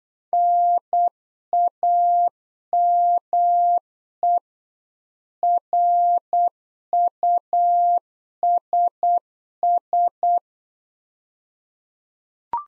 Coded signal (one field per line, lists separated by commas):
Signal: Morse code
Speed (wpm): 8 wpm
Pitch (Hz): 700 Hz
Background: none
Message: NAME RUSS